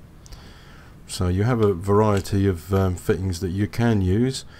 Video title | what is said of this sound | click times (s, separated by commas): Land Rover fixtures, fittings & tools - Rivnut and rubber rivnut fixings | they lock into place like this actually in the tool itself | 0.3 s